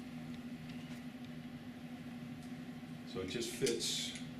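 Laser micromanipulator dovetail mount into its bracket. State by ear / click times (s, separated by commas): not seated / none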